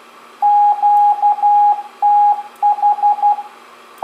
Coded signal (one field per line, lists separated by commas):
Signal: Morse code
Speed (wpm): 12 wpm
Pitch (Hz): 830 Hz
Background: radio noise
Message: QTH